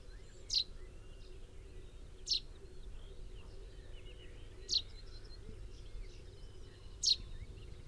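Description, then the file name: Common chaffinch producing four high, brief call notes at uneven gaps, somewhat fainter against a background of low rumbling noise. "Fringilla coelebs 180719"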